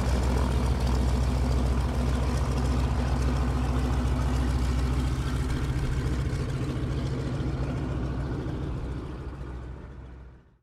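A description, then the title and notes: A single-propeller piston bush plane drones, its engine a deep, steady throb with a strong low hum and a dense rattling texture above it. The sound holds level for most of the clip, then the upper tones thin and it fades slightly near the end. De Havilland Canada DHC - 2 Beaver. Single prop, piston-driven, STOL bush plane.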